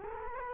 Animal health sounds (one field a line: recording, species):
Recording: mosquito wingbeat signal from an infrared sensor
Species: Culex quinquefasciatus